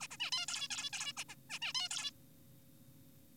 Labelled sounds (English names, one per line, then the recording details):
Zebra Finch
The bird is an adult
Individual g4p5U